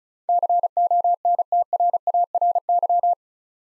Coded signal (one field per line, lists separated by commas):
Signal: Morse code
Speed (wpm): 36 wpm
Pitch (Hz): 700 Hz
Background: none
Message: CONTRARY